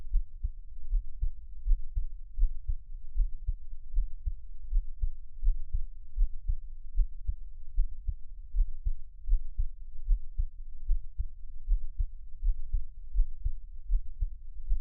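Soft low heartbeat thumps at about 77 a minute from an adult's own heart, heard close up, with an uneven rhythm and frequent, wildly skipped beats.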